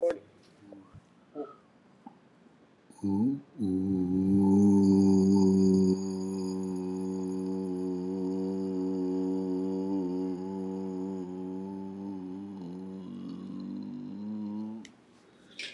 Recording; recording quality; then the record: sustained vowel as in boot; excellent, no background noise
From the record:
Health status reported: exposed to COVID-19, no respiratory illness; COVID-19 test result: negative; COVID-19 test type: RT-PCR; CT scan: taken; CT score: 12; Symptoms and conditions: cold, hypertension, diabetes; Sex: male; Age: 76 years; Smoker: no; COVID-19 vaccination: both doses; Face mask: worn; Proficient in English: yes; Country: India